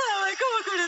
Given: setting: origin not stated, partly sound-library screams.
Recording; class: one-second piece from a danger detection set; woman in danger